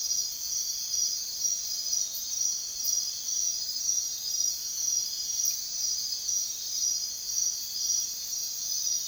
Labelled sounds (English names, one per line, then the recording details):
none
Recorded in secondary vegetation near Puerto Asís, Putumayo, Colombia, on 23 June 2025 at 04:30
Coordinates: 0.498, -76.327
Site GP09